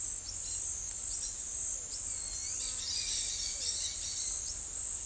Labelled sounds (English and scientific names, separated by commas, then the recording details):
Dusky-headed Parakeet (Aratinga weddellii)
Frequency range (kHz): Dusky-headed Parakeet (Aratinga weddellii) 0.1-8.0 kHz
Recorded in secondary vegetation near Puerto Asís, Putumayo, Colombia, on 19 February 2024 at 17:00
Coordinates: 0.500, -76.326
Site G6428